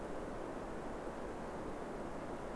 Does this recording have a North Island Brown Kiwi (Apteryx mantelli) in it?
no